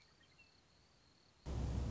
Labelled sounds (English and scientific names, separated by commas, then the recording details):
Western Meadowlark (Sturnella neglecta)
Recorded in Sonoma County, California